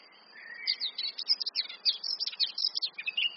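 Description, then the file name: Eurasian blackcap: rapid, high scratchy twittering over a noticeable background hiss, the notes tumbling quickly for about three seconds. "Sylvia atricapilla"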